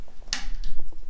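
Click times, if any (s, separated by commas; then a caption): 0.3 s. A RAM module is pressed in at its loose end, just below the arrow on a Mac Pro A1481 memory slot, and the latch gives a sharp click at 0.3 s, followed by a much fainter tick at 0.6 s. The module is seated and locked in, with pressure on the teeth, and the memory is installed.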